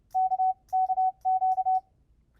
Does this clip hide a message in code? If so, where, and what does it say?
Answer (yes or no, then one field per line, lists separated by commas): yes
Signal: Morse code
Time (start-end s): 0.2-1.8 s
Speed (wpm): 30 wpm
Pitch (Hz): 750 Hz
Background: none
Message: K K Q